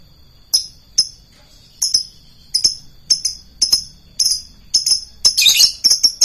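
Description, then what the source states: Lovebird making sharp, thin, high chirps at irregular intervals, ending in a quick cluster of harsher squeaky notes. Song style called konslet.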